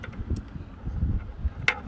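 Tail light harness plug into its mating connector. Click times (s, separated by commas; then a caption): 1.7 s. The two plastic connectors of a Phastek sequential tail light harness are pushed together on a car, with low rumbling handling noise and faint ticks near 0.1 and 0.4 seconds. A sharp, bright click at 1.7 seconds marks the tail light plug seating into its mating connector.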